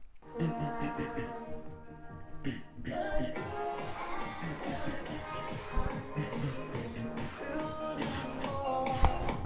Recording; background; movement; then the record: throat clearing; music; walking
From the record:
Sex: male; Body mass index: 23.7 kg/m2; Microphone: on the chest, facing outward